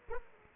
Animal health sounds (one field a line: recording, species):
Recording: mosquito wingbeat signal from an infrared sensor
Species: Aedes aegypti